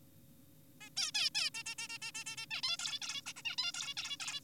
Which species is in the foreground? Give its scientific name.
Taeniopygia guttata